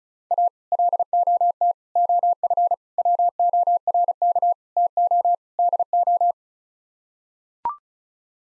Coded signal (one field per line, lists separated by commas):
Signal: Morse code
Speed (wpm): 34 wpm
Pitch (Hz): 700 Hz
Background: none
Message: A LOT OF WORK TO DO